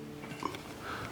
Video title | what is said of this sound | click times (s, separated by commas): I Installed a Solar Security Camera on My Homestead - No WiFi Needed! | And you'll hear it snap. | 0.5 s